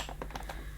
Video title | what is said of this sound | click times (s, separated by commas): New Model Dyson Small Ball Allergy Unboxing & First Look | that's the cleaner head locked into position before | 0.2 s